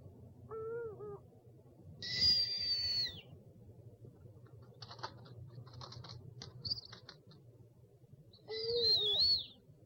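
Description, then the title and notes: Owl calls: short low wavering notes alternating with drawn-out high squealing screeches, with faint scratchy clicks between them. One of 69 call variants from 11 owl species. "Sovy - Eulen - Owls. 69 variant hlasů - 11 druhů sov"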